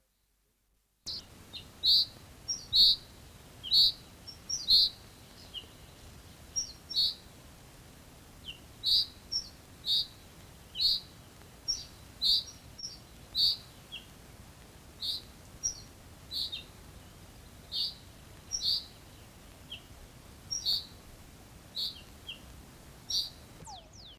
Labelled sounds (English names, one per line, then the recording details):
Common Chaffinch call
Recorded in the wild
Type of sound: call
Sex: male
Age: adult
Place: Schloß Holte-Stukenbrock, Senne, Nordrhein-Westfalen, DE
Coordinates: 51.8667, 8.7
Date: 1966-06-05
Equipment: Uher 4000 Report-S, Bändchenmikro Beyer M 260, Parabolspiegel Polyester (470 mm)
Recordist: Conrads, Klaus
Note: Senne bei Stukenbrock, nahe Furlbach. Männchen: Rülschen (Regenruf)